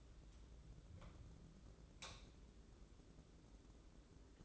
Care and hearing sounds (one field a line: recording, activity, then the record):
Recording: daily activity, microphone in the room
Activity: light on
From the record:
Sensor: 3